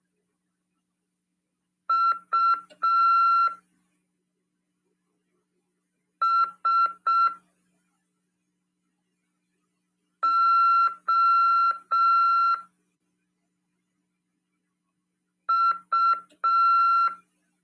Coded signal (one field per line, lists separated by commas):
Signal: Morse code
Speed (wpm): 6 wpm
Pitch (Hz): 1360 Hz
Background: none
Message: USOU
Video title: RADIOAMADOR 16/9/2022 "AULA 6: CW, C. RODADA e LEGISLAÇÃO" PY2EXU PAULO SP/SP CRASP 22 ANOS.